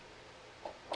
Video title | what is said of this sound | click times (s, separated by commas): Easier than I expected! Aerofabb Front Splitter V2 Street Edition Install - 2019 Golf R | panel back in you'll hear it click into place it should lock into place | 0.7 s, 0.9 s